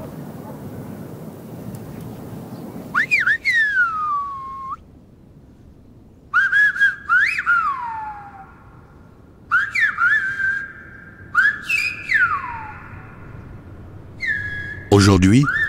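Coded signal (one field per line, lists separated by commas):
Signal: whistled language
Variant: Silbo Gomero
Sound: loud gliding whistles in about five phrases, pitch rising and falling sharply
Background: outdoor ambience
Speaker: pourtant le silbo comme les habitants de La Gomera de génération futures survécut à tous les fléau invasion guerre émigration dépeuplement [Musique] aujourd'hui comme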